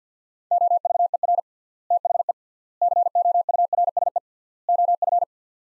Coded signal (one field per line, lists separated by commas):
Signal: Morse code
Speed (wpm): 50 wpm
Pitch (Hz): 700 Hz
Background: none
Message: OVER THE COURSE OF